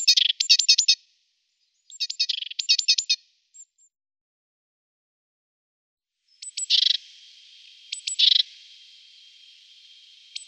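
Great tit chattering calls: fast bursts of dry, clicking notes in clusters, a pause of a few seconds, then harsher buzzy scolding notes.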